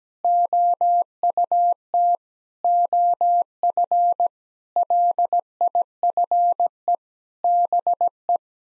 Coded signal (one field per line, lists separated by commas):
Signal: Morse code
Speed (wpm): 17 wpm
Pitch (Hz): 700 Hz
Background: none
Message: OUT OF LIFE BE